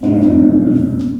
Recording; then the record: squeal of a Yucatan mini pig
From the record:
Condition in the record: after surgery on the right vocal fold (resection and tissue-engineered implant); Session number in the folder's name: 5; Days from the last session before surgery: 33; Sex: female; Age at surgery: 19 weeks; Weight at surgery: 25 kg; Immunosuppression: prednisolone